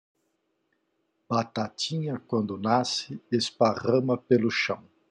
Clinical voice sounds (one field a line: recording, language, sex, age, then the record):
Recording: short text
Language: Brazilian Portuguese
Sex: male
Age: 60 to 69 years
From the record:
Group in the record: control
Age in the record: 67 years